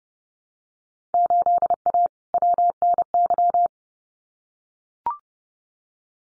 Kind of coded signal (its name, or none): Morse code